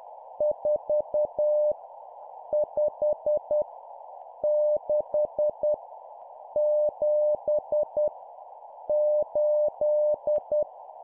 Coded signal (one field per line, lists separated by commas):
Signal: Morse code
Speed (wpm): 10 wpm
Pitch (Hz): 600 Hz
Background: none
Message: 4 5 6 7 8